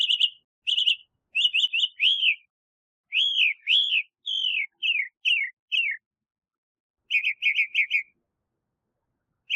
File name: Mimus polyglottos